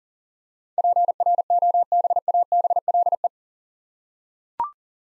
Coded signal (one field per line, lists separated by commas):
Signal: Morse code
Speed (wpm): 40 wpm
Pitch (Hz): 700 Hz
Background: none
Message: PROBABLE